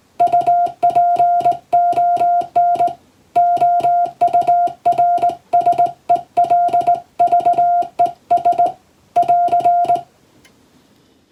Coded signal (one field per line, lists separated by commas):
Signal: Morse code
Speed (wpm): 19 wpm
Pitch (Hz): 700 Hz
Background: music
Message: UPON OURSELVES <AR>